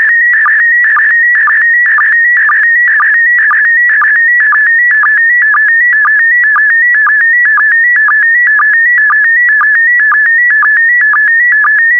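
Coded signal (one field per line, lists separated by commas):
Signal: SSTV (slow-scan television)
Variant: PD120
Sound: steady warbling whine shifting pitch, with a short low blip about twice a second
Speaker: transmission complete you can now check your decoded image against the picture that is shown on the video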